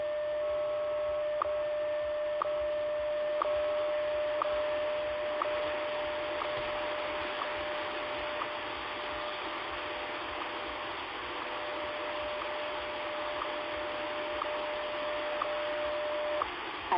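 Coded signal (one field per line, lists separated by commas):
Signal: radio time signal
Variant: WWVH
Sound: steady mid-pitched tone with a short tick each second, tone briefly dropping around each tick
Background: radio static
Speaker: At the tone, 5 hours, 29 minutes.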